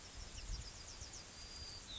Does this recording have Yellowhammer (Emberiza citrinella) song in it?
yes